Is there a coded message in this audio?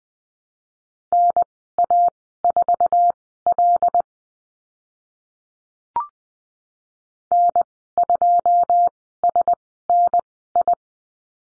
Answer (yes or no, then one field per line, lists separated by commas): yes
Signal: Morse code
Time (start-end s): 1.1-10.7 s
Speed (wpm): 20 wpm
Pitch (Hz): 700 Hz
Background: none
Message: NA4L N2SNI